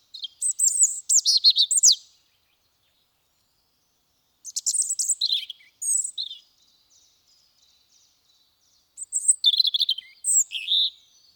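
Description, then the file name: European robin song in three separate bursts of high, thin, tumbling notes and trills, each phrase about two seconds long with quiet gaps between them. "Erithacus rubecula"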